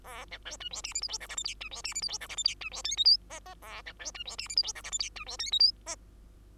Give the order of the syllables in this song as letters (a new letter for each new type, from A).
A B C D E F G H I J K L M D E F G H I J K L M D E N O P Q Q A B C D E F G H I J K L M D E N O P Q